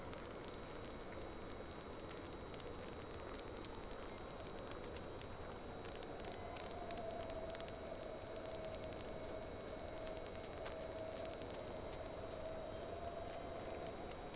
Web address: Sea Snake 10-3-06 Whales X 2 14-02 Round 2